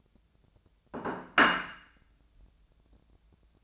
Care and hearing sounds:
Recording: daily activity, microphone in the room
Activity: place plate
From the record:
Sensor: 2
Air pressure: 1000.0 hPa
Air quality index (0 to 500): 133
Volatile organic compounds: 2 ppm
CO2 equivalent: 1134 ppm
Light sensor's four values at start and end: 23/58/24/27 and 23/57/24/26

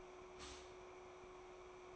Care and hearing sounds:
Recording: daily activity, microphone in the room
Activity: stop toaster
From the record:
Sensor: 1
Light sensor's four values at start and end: 4/9/3/3 and 4/9/3/3

